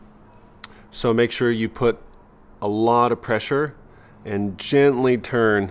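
A screwdriver is pressed hard and turned on a tight, easy-to-strip small trim screw in an Indian motorcycle windshield fairing, as part of fixing a windshield rattle. A single short click at 0.6 s marks the screw breaking loose and releasing, while someone talks.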